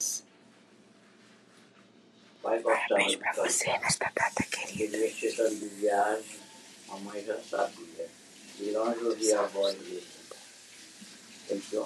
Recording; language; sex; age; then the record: short text; Brazilian Portuguese; female; 40 to 49 years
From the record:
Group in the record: control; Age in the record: 48 years